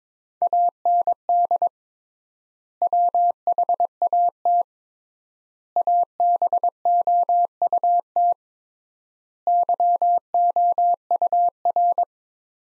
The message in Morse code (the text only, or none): AND WHAT ABOUT YOUR